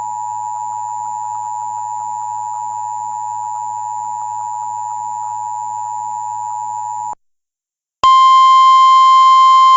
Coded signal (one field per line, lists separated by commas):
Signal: Emergency Alert System (SAME) tones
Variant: 853 and 960 Hz attention tone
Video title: LIX SVR - EAS Mock